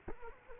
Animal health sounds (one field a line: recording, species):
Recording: mosquito wingbeat signal from an infrared sensor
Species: Culex quinquefasciatus